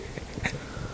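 A single brief, soft burst stands out midway through a quiet room hum. It is a small, stifled adult sneeze lasting well under half a second, with no repeated bursts, likened to a cat sneezing.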